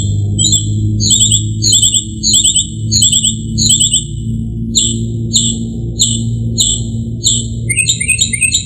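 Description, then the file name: Northern mockingbird song of sharp, high repeated notes, one type given over and over, then a switch to smoother whistles and a final chattering run; constant low hum. "kicauan-burung-northern-mockingbird -omkicau"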